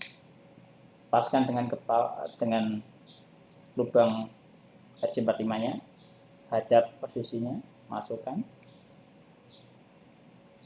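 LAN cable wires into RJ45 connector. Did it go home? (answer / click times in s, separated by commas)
no / none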